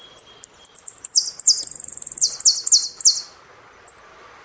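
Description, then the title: Saffron finch singing: a run of thin, very high chirps, then several loud phrases that each slide downward, broken by a short buzzy trill. "Jilguero Argentino"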